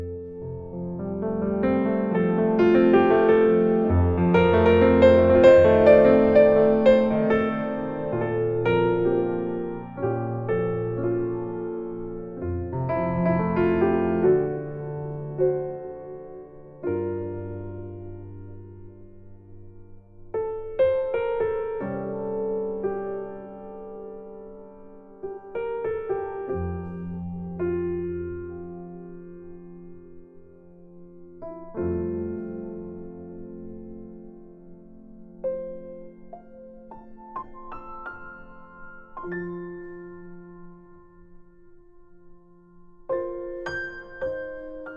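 A slow, gentle instrumental piece, sounding like piano, opens full and fairly loud, with rich low chords and bright upper notes through the first fifteen seconds. It then thins into sparser, ringing notes that fade between fresh chords struck around 21, 32 and 44 seconds.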